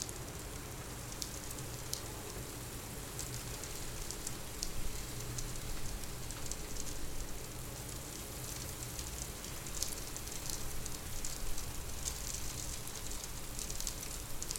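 A winter storm rattles on without pause, a dense, steady wash of hiss with a low rumble underneath. Sharp, bright ticks and taps spatter across the top throughout, like sleet or rain striking a surface, with loudness holding nearly level for the whole stretch.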